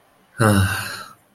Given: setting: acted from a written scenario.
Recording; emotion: vocal sound without words; relief